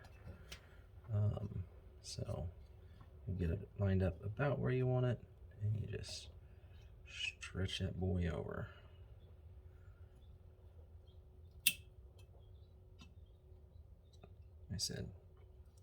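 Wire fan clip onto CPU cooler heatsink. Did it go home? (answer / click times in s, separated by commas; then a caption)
yes / 11.7 s. A metal wire fan clip is stretched by hand over the fins of a CPU tower cooler's heatsink, taking a little finger strength, while someone talks. The clip snaps into place with a sharp click at 11.7 s, seating it on the heatsink.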